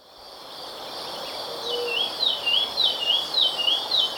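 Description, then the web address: Olivaceous greenlet singing a rapid run of high, down-slurred notes, about four each second, over steady background noise. Recorded in Ecuador. "Natures Songs S America Birds of Ecuador Olivaceous Greenlet"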